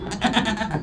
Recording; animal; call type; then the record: contact call of a hoofed animal; goat; low-frequency (closed-mouth) or high-frequency (open-mouth) call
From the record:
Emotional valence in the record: negative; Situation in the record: food frustration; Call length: 0.82 s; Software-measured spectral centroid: 2450 Hz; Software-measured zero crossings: 2000 a second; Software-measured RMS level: -23 dBFS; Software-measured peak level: -5 dBFS